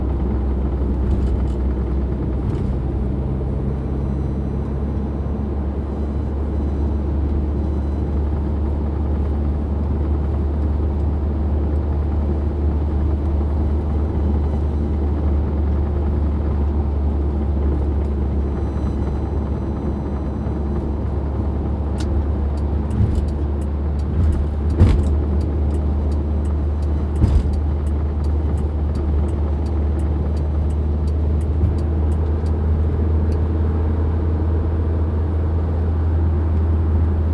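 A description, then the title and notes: An old car drives along a highway at night, its engine and road noise forming a steady, heavy low rumble with a wavering hum above it. The drone barely changes throughout. Scattered rattles and ticks appear in the second half, with two sharp knocks near 25 and 27 seconds. Old car highway night, Taiwan.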